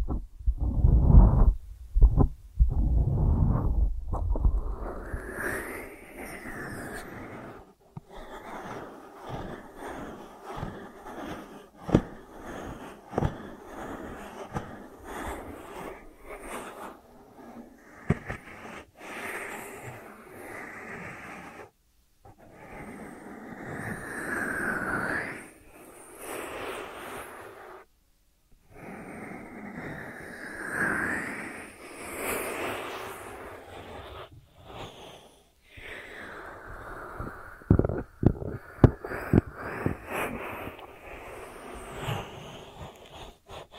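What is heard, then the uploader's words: ASMR ear treatment sounds: soft crackling, brushing and rubbing textures that come and go in uneven bursts, with short silent gaps around 21, 28 and 35 seconds. It opens with a heavy low rumbling thump in the first five seconds, and a few sharp taps cluster near the end. ASMR 3D Brain Penetrating Ear Treatment.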